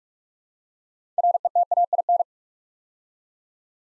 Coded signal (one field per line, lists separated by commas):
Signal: Morse code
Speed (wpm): 44 wpm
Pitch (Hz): 700 Hz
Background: none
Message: RETAIN